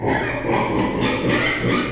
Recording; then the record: squeal of a Yucatan mini pig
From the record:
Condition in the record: before surgery on the right vocal fold (resection and tissue-engineered implant); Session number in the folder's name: 2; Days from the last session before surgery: 0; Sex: male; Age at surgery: 12 weeks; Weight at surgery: 13 kg